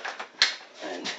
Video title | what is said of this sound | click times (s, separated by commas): Real home test of the Dyson DC44 Animal vacuum cleaner. | you'll hear it clicking. | 0.4 s